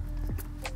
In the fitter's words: And so you hear that click and then go on the other side and basically pull to tight end using that light gray strap.